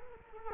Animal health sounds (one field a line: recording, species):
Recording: mosquito wingbeat signal from an infrared sensor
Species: Culex quinquefasciatus